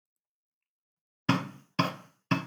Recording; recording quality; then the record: shallow voluntary cough; excellent, no background noise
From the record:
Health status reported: healthy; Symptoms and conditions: none ticked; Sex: male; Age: 20 years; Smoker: not ticked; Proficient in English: yes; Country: India